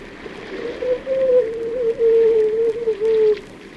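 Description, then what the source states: Fur seal call, a long wavering tonal moan with brief breaks, lasting nearly three seconds, over a constant hissing background. Fur seal howling in a cave.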